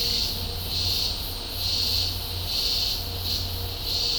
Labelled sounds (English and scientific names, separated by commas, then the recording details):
none
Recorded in dense forest near Puerto Asís, Putumayo, Colombia, on 26 December 2024 at 11:00
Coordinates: 0.503, -76.323
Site G043